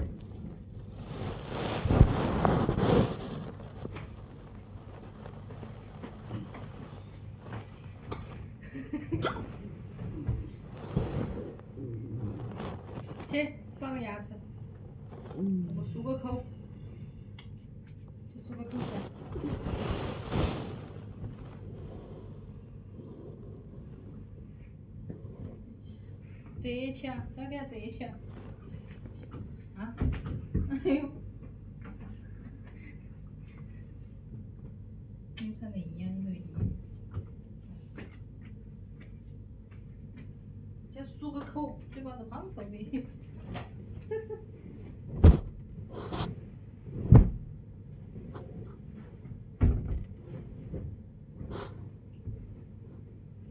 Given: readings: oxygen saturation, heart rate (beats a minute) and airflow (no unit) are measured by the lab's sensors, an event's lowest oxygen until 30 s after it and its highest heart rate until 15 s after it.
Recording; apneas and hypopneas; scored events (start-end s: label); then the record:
a person awake in a sleep study, by a smartphone at the bedside; none
0.00-53.51 s: awake
0.00-53.51 s: awake
From the record:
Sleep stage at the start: awake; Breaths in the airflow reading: 21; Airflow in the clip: -0.9 to 0.7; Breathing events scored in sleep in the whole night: 496 in 5.4 hours asleep